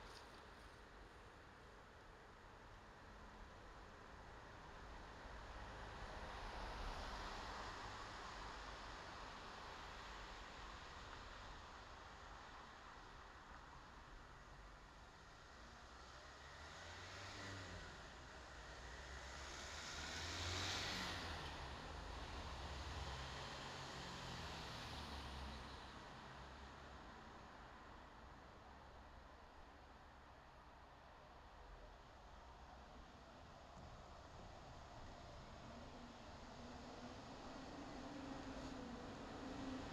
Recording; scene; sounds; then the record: everyday scene through a hearing-aid microphone; in traffic; traffic, mumbling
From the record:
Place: bus stop on a city main road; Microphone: in the ear canal, left